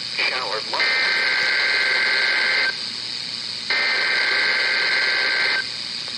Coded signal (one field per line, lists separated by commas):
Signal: Emergency Alert System (SAME) tones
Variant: header bursts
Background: speech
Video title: WeatherX RWB8817DT Required Weekly Test | NOAA Weather Radio WXK24 (3/22/23)